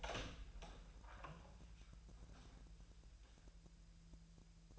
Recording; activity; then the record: daily activity, microphone in the room; open door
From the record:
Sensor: 2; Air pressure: 1001.1 hPa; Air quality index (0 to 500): 249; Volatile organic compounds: 90 ppm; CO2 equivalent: 3688 ppm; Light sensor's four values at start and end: 10/25/10/10 and 10/25/10/11